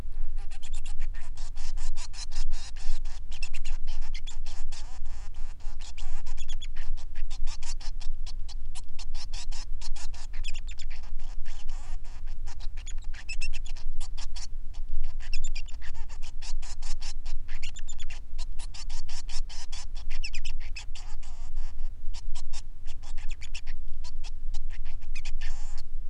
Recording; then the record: song of a male Bengalese finch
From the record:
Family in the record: son of father 3